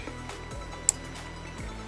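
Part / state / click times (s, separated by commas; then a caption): SD memory card into camcorder card slot / seated / 0.9 s. An SD memory card is pushed, correct side facing, into the card slot of a Condikey HD video camera webcam camcorder with lens hood. A sharp, bright click sounds at 0.9 s over a faint, steady tonal background, with a softer tap near 0.3 s. The card latches in and is seated.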